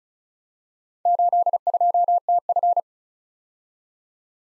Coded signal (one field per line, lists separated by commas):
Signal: Morse code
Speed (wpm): 35 wpm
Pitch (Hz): 700 Hz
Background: none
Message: 82TF